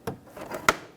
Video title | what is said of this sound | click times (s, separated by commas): How to Replace Inner Fender Liner 1992-1996 Toyota Camry | there we go let it snap into place | 0.7 s